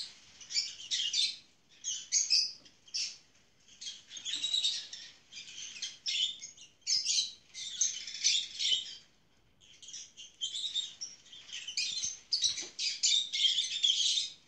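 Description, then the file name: Lovebird calls in repeated bursts of high, harsh chirping and twittering, with a brief pause midway. "Cennet papagan i sesi"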